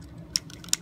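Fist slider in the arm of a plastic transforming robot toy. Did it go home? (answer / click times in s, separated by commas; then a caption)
yes / 0.4 s, 0.7 s. The fists of a plastic Transformers Generation One (G1) Dinobot Slag robot toy are slid out on the small slider in each arm. Two sharp plastic clicks ring out at 0.4 s and 0.7 s over a quiet, low background hum. The fists click into place, locked in the fully extended position.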